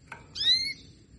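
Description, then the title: Canary giving one short rising, clear call after a faint click. Female canary sounds, Belgian canary, played to stimulate and warm up lazy males so they sing frequently. "Canto Para Esquentar Canário Belga. SUARA KENARI BETINA AMPUH memancing jantan malas bunyi kenari paud jadi gacor"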